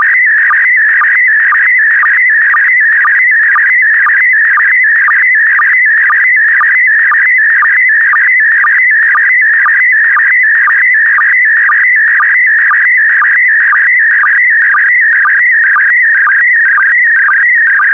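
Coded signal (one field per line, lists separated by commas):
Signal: SSTV (slow-scan television)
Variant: PD120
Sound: steady warbling, chirpy tone with rapid pitch wobbles and a regular low blip about twice a second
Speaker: the next image transmission will start in 10 seconds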